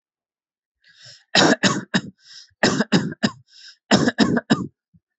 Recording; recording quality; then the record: shallow voluntary cough; excellent, no background noise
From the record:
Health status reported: healthy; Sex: male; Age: 24 years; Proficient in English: yes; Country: India